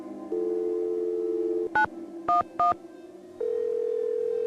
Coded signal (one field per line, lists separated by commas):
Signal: DTMF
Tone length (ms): 140 ms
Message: 911